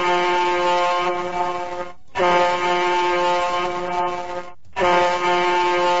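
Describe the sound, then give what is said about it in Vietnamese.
Three long, loud blasts of a ship's horn, each a steady low drone rich in harmonics, separated by two brief silent gaps. “Vừa lúc đó, ba hồi còi tàu vang lên.”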